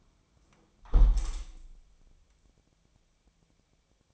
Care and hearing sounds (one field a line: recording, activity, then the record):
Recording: daily activity, microphone in the room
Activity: close window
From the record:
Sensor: 1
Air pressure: 1000.5 hPa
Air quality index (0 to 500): 183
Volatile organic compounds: 4 ppm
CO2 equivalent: 1683 ppm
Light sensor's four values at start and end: 10/24/10/11 and 10/24/10/11